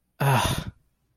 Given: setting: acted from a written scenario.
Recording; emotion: vocal sound without words; contempt